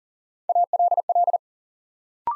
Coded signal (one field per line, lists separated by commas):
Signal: Morse code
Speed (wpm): 41 wpm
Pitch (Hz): 700 Hz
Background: none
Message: ALL